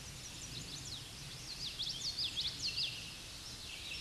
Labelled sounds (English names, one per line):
Common Yellowthroat song